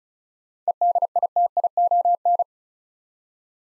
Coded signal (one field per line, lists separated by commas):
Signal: Morse code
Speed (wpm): 36 wpm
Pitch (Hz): 700 Hz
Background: none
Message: EDITION